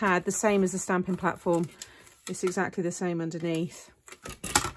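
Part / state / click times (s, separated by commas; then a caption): hinged or magnetic section of a paper-craft rotating stamping platform closing onto its base / seated / 4.4 s, 4.6 s. Someone talks, then a hinged or magnetic section of a paper-craft rotating stamping platform is closed onto its base. A few quick taps lead into sharp snaps at about 4.4 s and 4.6 s as the section snaps shut and seats.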